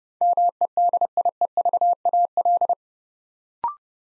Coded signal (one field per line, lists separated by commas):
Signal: Morse code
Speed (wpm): 28 wpm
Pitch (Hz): 700 Hz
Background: none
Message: MEDIEVAL